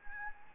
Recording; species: mosquito wingbeat signal from an infrared sensor; Anopheles gambiae